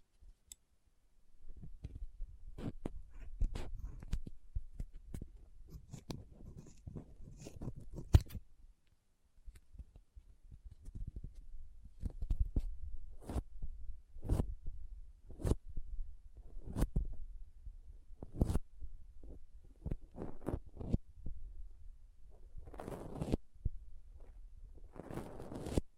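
Soft, squishy and sticky handling sounds mixed with crinkling and cutting. Sharp clicks and snips land every second or so over a constant low rumble, with a brief pause near eight seconds and a denser, rustling burst around twenty-three and twenty-six seconds.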